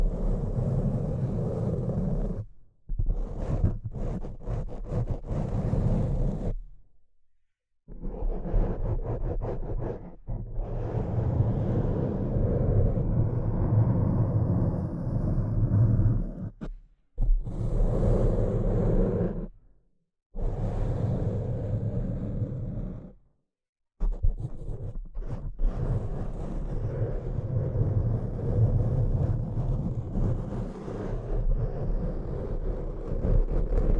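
Dense, rough scratching and rubbing with a heavy low rumble runs in long stretches, broken by abrupt short silences near 3, 7, 17, 20 and 24 seconds. Sharper taps and clicks cluster around the edges of these breaks, especially near 2, 10 and 16 seconds.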